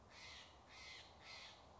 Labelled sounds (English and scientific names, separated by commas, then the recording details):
Steller's Jay (Cyanocitta stelleri)
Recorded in Sonoma County, California